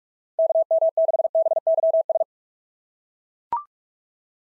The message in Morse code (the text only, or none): KM6BYS